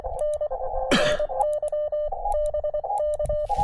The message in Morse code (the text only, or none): N NY BK